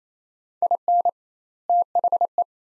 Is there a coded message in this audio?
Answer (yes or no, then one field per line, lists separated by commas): yes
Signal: Morse code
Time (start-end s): 0.6-2.4 s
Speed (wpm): 28 wpm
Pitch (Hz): 700 Hz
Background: none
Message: IN THE